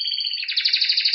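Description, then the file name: Canary song: a steady high trill that shifts into a faster, buzzier rolling trill with rapid repeated notes, clean with no other sounds. "Canary Voice"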